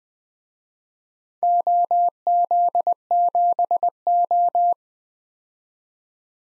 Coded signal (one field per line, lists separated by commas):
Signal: Morse code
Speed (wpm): 20 wpm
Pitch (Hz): 700 Hz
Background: none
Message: OZ7O